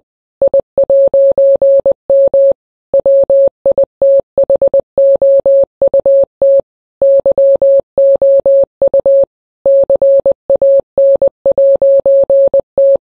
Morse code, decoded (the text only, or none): I'M WITHOUT YOU CAN'T